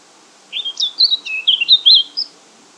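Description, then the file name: Eurasian blackcap warbling phrase, a quick, clear, chattering run of bright whistled notes, jumping up and down for under two seconds against a quiet background. "Sylvia atricapilla"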